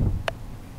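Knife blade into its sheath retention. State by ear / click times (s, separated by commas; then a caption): seated / 0.3 s. A knife is pushed back into its sheath until the retention locks, giving a small, sharp click at 0.3 s over a low rumbling background. The knife is seated in the sheath.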